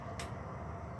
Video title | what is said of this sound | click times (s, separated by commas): Replacing I.A.C | gonna feel it click that lines up and you're | 0.2 s